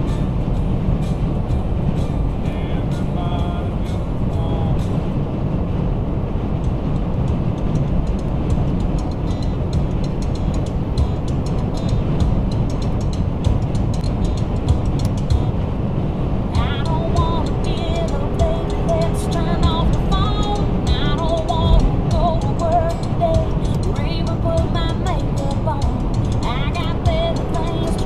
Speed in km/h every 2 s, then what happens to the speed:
147, 147, 147, 148, 143, 143, 138, 137, 137, 143, 147, 147, 143, 143.
0-14 slows to 137. 14-19 speeds up to 147. 19-28 steady at about 143.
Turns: none.